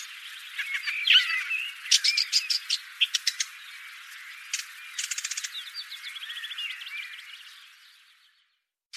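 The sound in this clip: Bird calls in a busy mix of squawks, rapid clicking trills and chirps, with several bursts of sharp notes before fading out.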